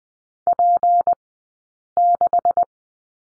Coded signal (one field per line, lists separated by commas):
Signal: Morse code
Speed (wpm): 20 wpm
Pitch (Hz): 700 Hz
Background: none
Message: P6